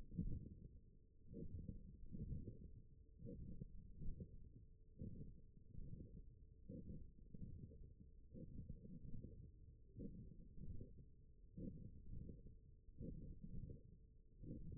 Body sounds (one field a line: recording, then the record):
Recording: forearm muscle sounds (acoustic myography)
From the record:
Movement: forearm pronation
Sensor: system 1, eight BSWA MPA416 microphones around the upper forearm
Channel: 4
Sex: male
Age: 21 years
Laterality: right